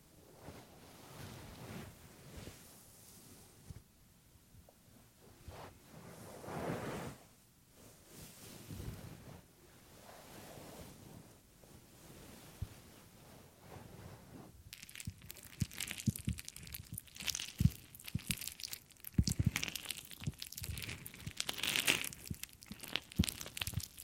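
Ear cleaning, heard as soft rubbing and swishing that rises and falls in slow strokes for the first fifteen seconds or so. After that the sound turns louder and crisper, becoming dense crackling and scratching with sharp little clicks until the end.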